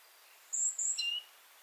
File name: Parus major